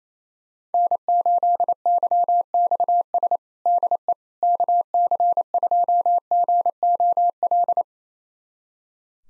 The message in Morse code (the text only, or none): N8YXS DE KC2GOL